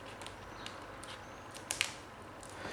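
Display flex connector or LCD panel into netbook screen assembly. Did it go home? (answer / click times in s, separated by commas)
yes / 1.7 s, 1.8 s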